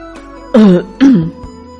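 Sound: two coughs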